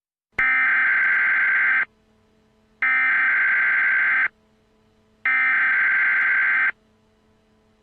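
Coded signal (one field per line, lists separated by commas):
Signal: Emergency Alert System (SAME) tones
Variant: header bursts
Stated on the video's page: Fictional EAS scenario about a zombie virus attack in Liberty City.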